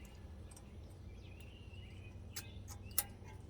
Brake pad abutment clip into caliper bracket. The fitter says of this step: New hardware. It's just gonna snap into place.